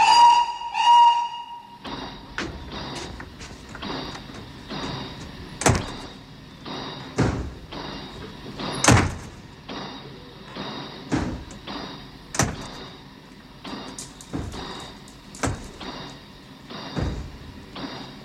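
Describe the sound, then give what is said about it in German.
A short steady high tone, then train carriage doors slam shut one after another just before the train departs, about a dozen sharp bangs at uneven intervals over a low rumbling station hum. “Und nun beeil dich, Junge, der Zug geht gleich.”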